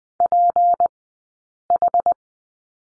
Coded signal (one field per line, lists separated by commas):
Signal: Morse code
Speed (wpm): 20 wpm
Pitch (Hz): 700 Hz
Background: none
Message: PH